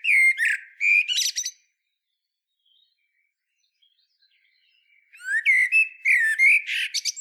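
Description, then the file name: Common blackbird: a phrase ends in high twitters, then comes a few seconds of quiet before a new phrase of fluty whistles and squeaky notes. "Turdus merula"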